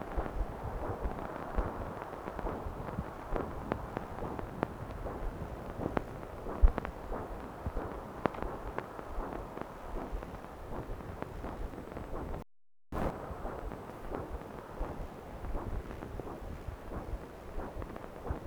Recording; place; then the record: Doppler ultrasound of blood flow; right subclavian vein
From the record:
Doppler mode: continuous wave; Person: adult scuba diver, at rest before a dive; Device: O'Dive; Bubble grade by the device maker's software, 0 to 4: 0